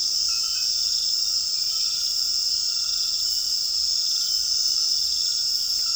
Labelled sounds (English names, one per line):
none